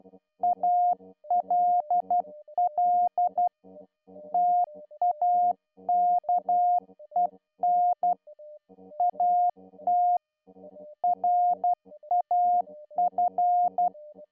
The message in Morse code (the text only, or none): ALL TAKEN AT RAF